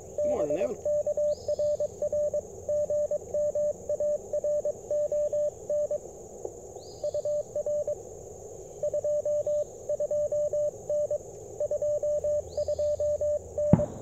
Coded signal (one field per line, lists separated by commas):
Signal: Morse code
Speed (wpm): 22 wpm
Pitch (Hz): 590 Hz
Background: speech, radio noise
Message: BK RR GM ARON UR 22N 22N